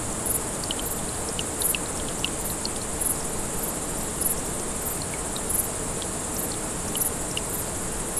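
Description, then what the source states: Grasshoppers making thin, hissing chirrups repeated at an even pace, set against a flowing brook. Several grasshoppers beside a small brook, 6 August 2014, recorded on an MZ-N 710.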